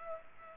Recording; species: mosquito wingbeat signal from an infrared sensor; Culex pipiens